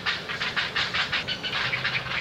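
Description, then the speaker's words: Great blue heron colony calls: a harsh, rapid, rhythmic chatter of raspy pulses, steady and raucous throughout. A nesting colony, recorded earlier in the summer. "Now, from earlier this summer, the raucous sound of a colony of nesting great blue herons."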